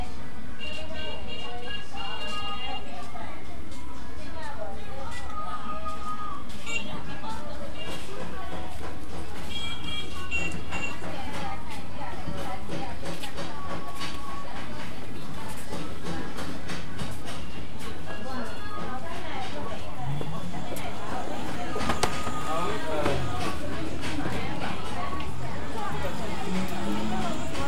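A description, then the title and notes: Caiyi Street carries a steady, dense mix of overlapping voices over a low rumble of traffic. Brief high tones ring out several times in the first ten seconds, and after about twenty seconds a rising, whining engine-like sound swells beneath the chatter. Caiyi Street is a very unique old street in the Yanzhou old district.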